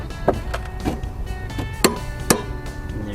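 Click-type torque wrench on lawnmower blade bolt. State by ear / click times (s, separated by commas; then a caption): torque reached / 1.8 s, 2.3 s. A click-type torque wrench tightens the 17 mm blade bolt on a Toro Recycler SmartStow lawnmower to 60 ft-lb while a crowbar holds the blade still. Softer ratcheting ticks come first, then two sharp, loud clicks at 1.8 s and 2.3 s, showing the wrench has reached its setting and the bolt is torqued down.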